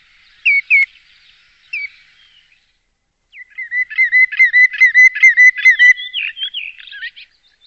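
Bird giving a few whistled notes, a pause, then a fast run of repeated whistled notes, ending in varied twittering.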